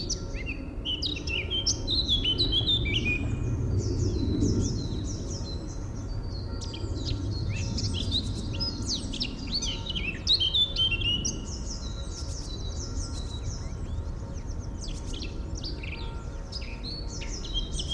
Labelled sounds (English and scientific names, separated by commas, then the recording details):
Eurasian Blackcap (Sylvia atricapilla)
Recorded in the wild
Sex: male
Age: adult
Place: Schloßpark Niederschönhausen, Berlin, DE
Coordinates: 52.58, 13.41
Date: 1994-04-17 11:49
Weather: heiter bis wolkig, 8 bis 10°C
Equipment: Marantz CP 430, Sennheiser ME 80, Kopie Uher Variocord 263
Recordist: Tembrock, Günter